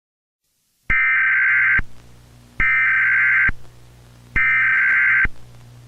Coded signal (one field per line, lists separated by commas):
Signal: Emergency Alert System (SAME) tones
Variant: header bursts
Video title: [Zachodniopomorzan] Nuclear Apocalypse | WW3 EAS Scenario Remake by YP